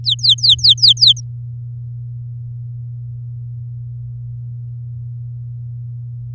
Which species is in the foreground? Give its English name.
Domestic Canary